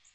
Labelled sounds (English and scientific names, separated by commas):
Magnolia Warbler (Setophaga magnolia) flight call